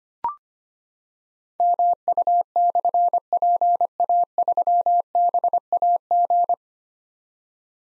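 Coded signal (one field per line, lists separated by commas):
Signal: Morse code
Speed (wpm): 25 wpm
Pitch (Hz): 700 Hz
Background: none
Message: MU/PA3BAG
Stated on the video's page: Practice drill of difficult slashed call signs at 25 wpm; each call is sent in Morse, spoken, then sent again.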